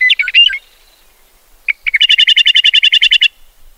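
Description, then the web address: Meadowlark gives a short warbled phrase, then a brief pause and a fast, even rattling chatter of many harsh notes. "meadowlark daniel simion"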